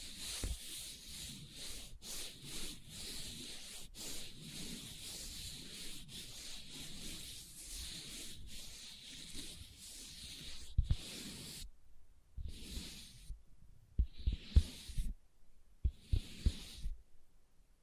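Leather being scratched and rubbed, a dense, steady scraping with a bright hiss and a soft low rustle through the first eleven seconds. After that it breaks into short separate bursts of scratching with sharp taps, roughly one each second, and silence between.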